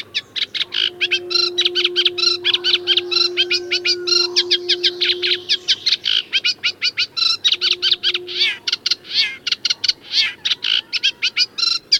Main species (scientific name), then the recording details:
Acrocephalus scirpaceus. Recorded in the wild. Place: Lütow, Insel Usedom, Mecklenburg-Vorpommern, DE. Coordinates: 54.032, 13.888. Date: 1975-06-13. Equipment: Nagra III BH, Sennheiser MD 21, parabola. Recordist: Schubert, Michael